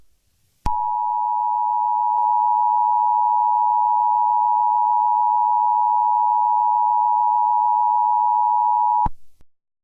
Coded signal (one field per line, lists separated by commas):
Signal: Emergency Alert System (SAME) tones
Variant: 853 and 960 Hz attention tone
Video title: The Nationwide Illness (Part 1) - Eas Scenario